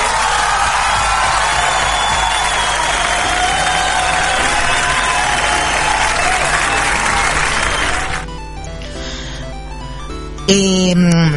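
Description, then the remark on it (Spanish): A burst of loud, dense welcome applause sound effect with crowd cheering runs steadily for about eight seconds, then cuts abruptly into a quieter musical jingle with bright tonal notes. “les saludamos, les doy su cordial saludo y, como siempre, su tremendo aplauso de bienvenida y de saludo.”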